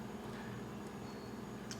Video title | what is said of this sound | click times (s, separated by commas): Model 10 Maintenance | and push it down till it snaps in place I still will keep my thumb over it in case the spring | 1.7 s